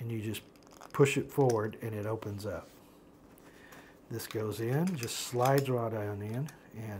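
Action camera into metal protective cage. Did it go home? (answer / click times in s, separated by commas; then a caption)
no / none. Someone talks while a metal protective cage, opened by pushing forward the small red button on its top, receives a DJI Osmo Action 3 action camera that is being slid down into it. During a quiet pause only a faint, very short tick is heard around 3.4 s. The camera has not seated or clicked into the cage yet.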